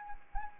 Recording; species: mosquito wingbeat signal from an infrared sensor; Anopheles arabiensis